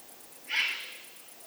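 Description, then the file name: Eurasian eagle-owl, young bird: a single short, rough hissing rasp, over faint steady background noise. Juvenile. "puchacz mlodociany"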